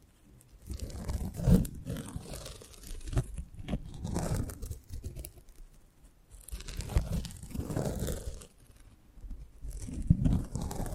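Close-up mic treatment: irregular bursts of rough rubbing, crinkling and crunching, heavy in the low end, swell and fade every second or two. Brief near-silent gaps fall around 0.5, 6 and 8.5 seconds, and a few sharp clicks cut through.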